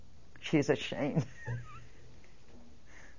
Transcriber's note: she laughs